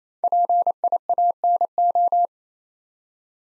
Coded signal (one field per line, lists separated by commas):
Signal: Morse code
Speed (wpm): 28 wpm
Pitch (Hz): 700 Hz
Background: none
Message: PIANO